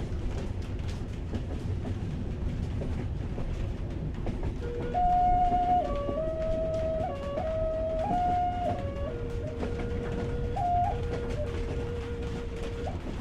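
A train rolls along at night, its low, steady rumble and faint clickety-clack filling the whole stretch. From about five seconds on, a thin whistling tone rises over the noise, stepping up and down in pitch before settling lower near the end.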